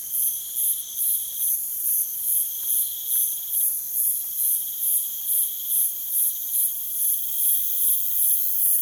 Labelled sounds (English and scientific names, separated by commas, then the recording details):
none
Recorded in pastures near Puerto Asís, Putumayo, Colombia, on 25 June 2025 at 02:00
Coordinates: 0.487, -76.322
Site H26